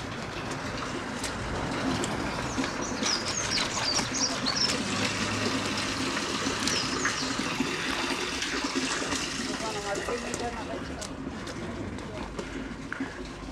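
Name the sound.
water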